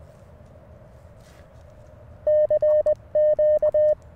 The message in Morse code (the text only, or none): CQ